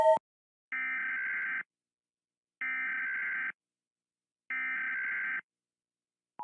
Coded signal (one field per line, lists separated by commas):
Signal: Emergency Alert System (SAME) tones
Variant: header bursts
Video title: Rating EAS Alarms (Part 7)